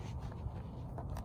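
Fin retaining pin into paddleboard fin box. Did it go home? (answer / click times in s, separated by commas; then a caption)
yes / 1.0 s. A small retaining pin is pushed through a fin slid into the fin box of an inflatable paddleboard, with low, steady rumbling underneath. A short, sharp click at 1.0 s marks the pin locking in, and the fin is seated.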